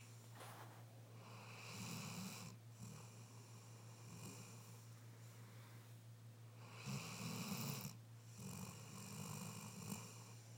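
A tired Labrador puppy snores at bedtime through about three slow breath cycles in ten seconds, each a soft, rough, rattling rush of air. A steady low electrical hum runs underneath.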